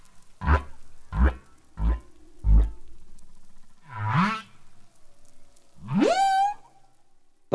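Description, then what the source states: Humpback whale song: four deep, grunting pulses about two-thirds of a second apart, then a low swelling moan and a long upswept whoop that levels off into a tone. Males within a population all sing the same song at the same time, matching each other; the song keeps evolving, with units or themes added or deleted.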